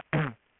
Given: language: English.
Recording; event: throat vibration sensor signal played as sound; throat clearing